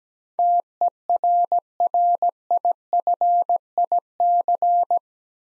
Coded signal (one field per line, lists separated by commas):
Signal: Morse code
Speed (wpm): 17 wpm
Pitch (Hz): 700 Hz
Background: none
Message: TERRIFIC